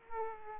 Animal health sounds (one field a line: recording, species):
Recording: mosquito wingbeat signal from an infrared sensor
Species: Aedes aegypti